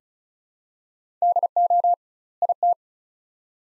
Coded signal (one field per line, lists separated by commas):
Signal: Morse code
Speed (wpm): 36 wpm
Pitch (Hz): 700 Hz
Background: none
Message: DO IT